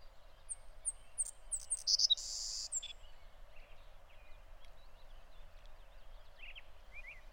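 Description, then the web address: Savannah sparrow song with high, thin introductory chips leading into a bright insect-like buzz, followed by scattered faint notes against low, constant background noise. "soundandlightecologyteam. savannahsparrow"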